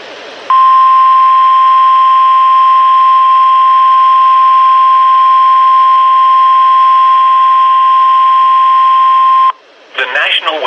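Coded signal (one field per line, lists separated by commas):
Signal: Emergency Alert System (SAME) tones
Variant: 1050 Hz attention tone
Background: speech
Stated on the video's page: NOAA Radio alerts.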